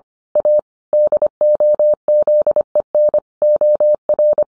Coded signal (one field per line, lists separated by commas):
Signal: Morse code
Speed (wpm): 25 wpm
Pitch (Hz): 600 Hz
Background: none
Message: A DOZEN OR